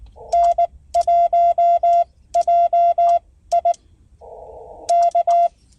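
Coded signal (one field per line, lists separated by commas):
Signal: Morse code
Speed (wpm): 19 wpm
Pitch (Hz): 690 Hz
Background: none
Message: N1JI K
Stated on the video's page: CW sent during a POTA activation of a state forest from a mobile HF station, with engine noise and sloppy sending.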